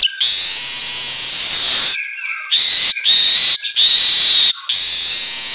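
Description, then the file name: Asian golden weaver song of long, hissing buzzy sizzles, each held about a second, broken by short gaps and faint lower notes. Meant for training songbirds to sing vigorously ('auto gacor'). "Suara Kicau Manyar Kepala Emas Auto Gacor"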